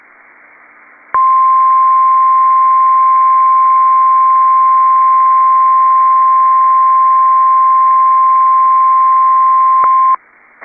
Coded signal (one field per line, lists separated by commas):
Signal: Emergency Alert System (SAME) tones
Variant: 1050 Hz attention tone